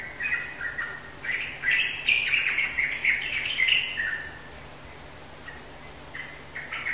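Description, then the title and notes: Bird pouring out a rapid, twittering run of varied chirps for a few seconds, followed by quieter isolated notes and a steady low hum. "Bird Sound. Kicau Burung"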